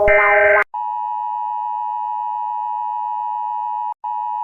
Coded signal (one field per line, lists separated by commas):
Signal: Emergency Alert System (SAME) tones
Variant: 853 and 960 Hz attention tone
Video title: WARNING!! Every Country's EAS Alarm but every time a word is repeated it loops..